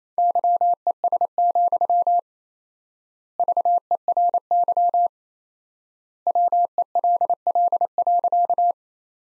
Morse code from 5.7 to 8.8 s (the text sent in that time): WELL.